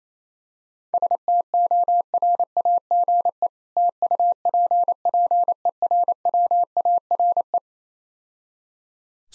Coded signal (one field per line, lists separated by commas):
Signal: Morse code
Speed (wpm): 28 wpm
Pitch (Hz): 700 Hz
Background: none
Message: STORAGE TUPPERWARE